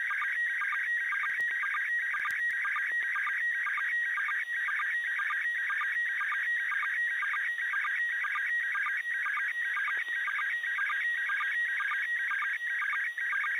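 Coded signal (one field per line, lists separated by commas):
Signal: SSTV (slow-scan television)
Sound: steady warbling tones with rhythmic chirping pulses repeating several times a second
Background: radio static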